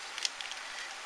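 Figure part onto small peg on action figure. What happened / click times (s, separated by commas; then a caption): A small plastic part snapped onto its peg / 0.2 s. A plastic part of a Fan's Project Smart Robin action figure is pressed onto a small peg on the figure, a slightly tight fit. Faint ticks at about 0.2, 0.4 and 0.5 seconds surround a sharp click at 0.3 seconds as the part locks into place. The part is seated on the peg.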